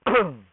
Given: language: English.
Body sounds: throat vibration sensor signal played as sound; throat clearing

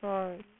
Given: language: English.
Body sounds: throat vibration sensor signal played as sound; speech

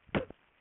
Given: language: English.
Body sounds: throat vibration sensor signal played as sound; cough

